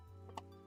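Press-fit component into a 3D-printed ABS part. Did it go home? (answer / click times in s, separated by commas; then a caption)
yes / 0.4 s. A press-fit part that was not fully inserted in a 3D-printed ABS part is pushed home with the soft side of a pair of pliers. Over a steady low hum, a faint tap at 0.3 s leads to a sharp, bright click at 0.4 s as the part seats fully.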